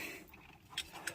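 Two small red plastic parts on a transforming robot figure, the Mastermind Creations MMC R-48N Optus Nox (Nemesis Orion Pax), are pushed up until each seats. Two sharp snaps ring out at 0.8 s and 1.1 s over quiet background handling. Both parts are seated in place.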